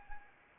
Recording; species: mosquito wingbeat signal from an infrared sensor; Anopheles arabiensis